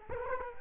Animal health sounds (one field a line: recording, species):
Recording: mosquito wingbeat signal from an infrared sensor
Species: Culex quinquefasciatus